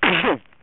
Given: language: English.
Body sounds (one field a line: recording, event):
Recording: throat vibration sensor signal played as sound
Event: cough